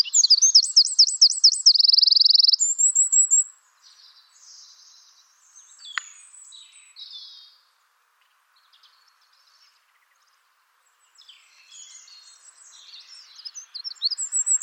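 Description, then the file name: Eurasian wren song ends with a loud zigzag trill, a rattling buzz and a brief high trill, followed by quiet stretches with faint chirps and a sharp click. "Troglodytes troglodytes"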